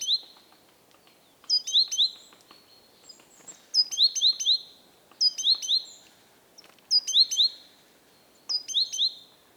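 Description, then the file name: Great tit giving repeated groups of thin, high, sharp notes, each cluster repeating about every one and a half to two seconds, against low background noise. "Parus major"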